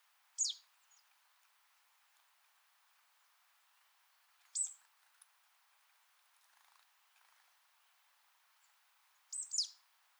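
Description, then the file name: Marsh tit calls: three brief high sharp notes spaced about four to five seconds apart over a faint hiss. "Poecile palustris"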